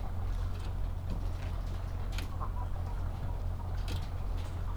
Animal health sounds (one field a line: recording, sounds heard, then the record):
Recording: poultry house recording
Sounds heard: sick chickens (respiratory disease)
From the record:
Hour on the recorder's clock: 7